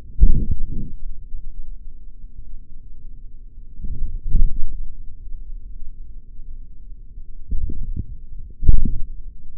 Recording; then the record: forearm muscle sounds (acoustic myography)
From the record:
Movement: forearm supination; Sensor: system 3, bracelet of six PUI Audio POM-2738L microphones around the upper forearm, with dedicated amplification and filtering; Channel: 4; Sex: male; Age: 56 years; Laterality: right